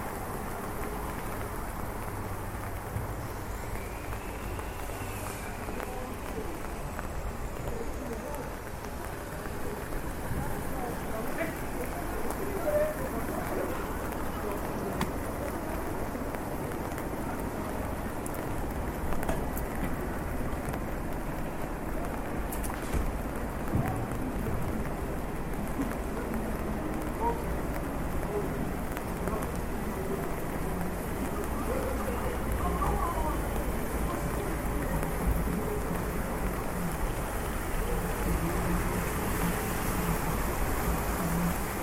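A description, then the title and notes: Walking through rainy streets, with a steady wash of rain and wet ground filling the whole stretch. Low traffic rumble and faint murmuring voices sit underneath, while occasional small clicks and taps break through. The level stays even, growing slightly fuller after about twenty seconds. Walking in the rain streets of Switzerland with a very high-definition binaural microphone.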